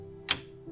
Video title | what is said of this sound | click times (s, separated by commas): 팔걸이가 휘어지네? 이정도면 업그레이드가 아닌 리뉴얼! 기존 의자에서는 볼 수 없었던 세심한 디테일이 돋보이는 에르고휴먼H2 컴포트 (전작 비교 포함) | 단계로 조절이 가능했고 그냥 위로 들어올리면 딸깍 소리와 함께 단계별로 고정이 되는 방식입니다 | 0.3 s